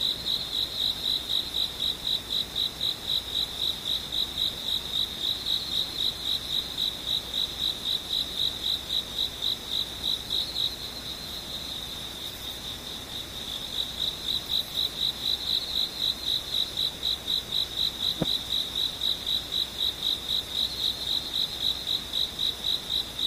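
An insect, likely a cricket, trills steadily in a high, bright band with rapid regular pulses, fairly close. The chirping eases off briefly around ten to fourteen seconds before resuming, and a single short click lands near eighteen seconds over a faint background hiss.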